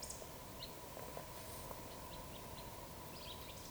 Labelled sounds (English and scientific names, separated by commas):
Eurasian Woodcock (Scolopax rusticola) whistle